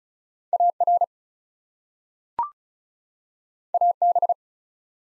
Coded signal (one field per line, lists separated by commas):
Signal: Morse code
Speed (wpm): 36 wpm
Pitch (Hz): 700 Hz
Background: none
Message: AR AB